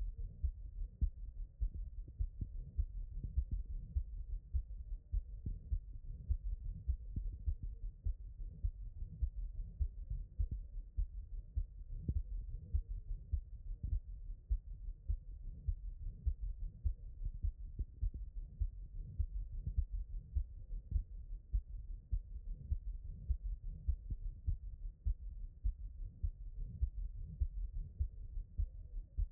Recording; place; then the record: heart sounds by stethoscope; tricuspid valve (TV)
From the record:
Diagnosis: HFrEF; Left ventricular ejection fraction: 15%